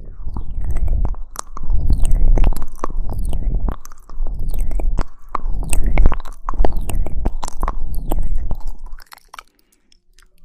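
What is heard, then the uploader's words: Mouth sounds: wet chewing and crunching with sharp clicks and smacks, thick and busy for about nine seconds, broken by a few brief pauses near 4 and 5 seconds. The noise stops abruptly around nine seconds, leaving near silence at the end. Mouth Sounds.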